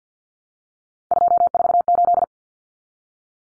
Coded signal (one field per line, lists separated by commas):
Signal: Morse code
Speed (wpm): 50 wpm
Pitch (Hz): 700 Hz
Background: none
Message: 248